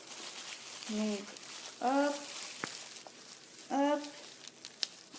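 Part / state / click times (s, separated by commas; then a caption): ostomy pouch coupling ring onto skin baseplate flange / seated / 4.8 s. Someone talks while the plastic coupling ring of a two-piece ostomy pouch is pressed onto the flange of the skin baseplate, with faint handling noise and small ticks just before. A sharp click at 4.8 s marks the ring clipping on, and the pouch is seated on the baseplate.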